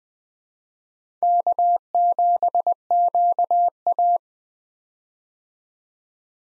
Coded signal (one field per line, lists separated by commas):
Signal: Morse code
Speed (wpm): 20 wpm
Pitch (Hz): 700 Hz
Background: none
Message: K7QA